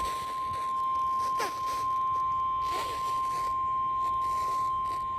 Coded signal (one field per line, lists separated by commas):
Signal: Emergency Alert System (SAME) tones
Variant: 1050 Hz attention tone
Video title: WORKING NINE THROUGH ZCZC-WXR... Severe Weather EAS Alerts from August 26th, 2024 (EAS #1,429-1,471)